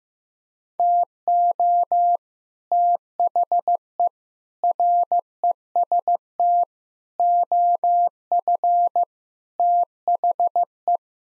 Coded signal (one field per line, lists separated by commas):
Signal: Morse code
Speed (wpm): 15 wpm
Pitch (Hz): 700 Hz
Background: none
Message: TO THE REST OF THE